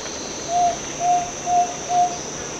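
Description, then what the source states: Fluffy-backed tit-babbler call of four low, pure whistled notes on one pitch, spaced about half a second apart, over steady high hiss. Recorded 1 March 2008.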